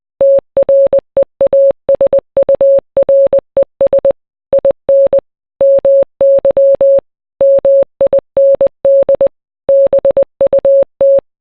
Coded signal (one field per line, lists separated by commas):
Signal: Morse code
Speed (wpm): 20 wpm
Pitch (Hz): 550 Hz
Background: none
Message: TREASURES IN MY MIND BUT